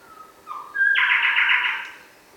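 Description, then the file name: Bower's shrikethrush call: a few thin whistled notes, then a loud harsh buzzy note lasting about a second, fading at the end; quiet background. "Colluricincla Boweri"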